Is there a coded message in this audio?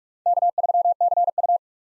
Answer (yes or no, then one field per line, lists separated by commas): yes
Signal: Morse code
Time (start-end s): 0.3-1.6 s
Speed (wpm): 46 wpm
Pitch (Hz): 700 Hz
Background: none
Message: K3CU